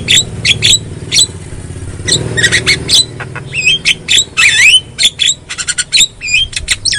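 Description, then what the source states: Javan myna song: mixed rasping squawks and bending whistled notes, a rapid ticking series near the end, over a low murmur. Song (kicau) used as a lure recording (pancingan) to prompt mute (bisu) Javan mynas to sing.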